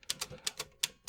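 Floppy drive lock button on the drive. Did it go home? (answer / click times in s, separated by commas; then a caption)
no / none. Someone repeatedly presses the lock button on a 5.25-inch floppy drive of an Epson Equity I+ with no disc inserted, producing six sharp plastic clatters. The button does not latch because there is no disc in the drive, and nothing seats or clicks into place.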